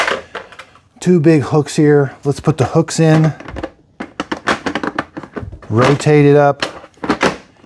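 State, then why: Seated. A plastic component on a Hoover PowerScrub XL Pet carpet cleaner (FH68050) is hooked in at the bottom by its two big hooks, rotated up and pressed onto the carpet cleaner body while someone talks. A series of plastic knocks and taps follows, and the part clicks into place at about 7.0 s and 7.2 s, seated nice and even.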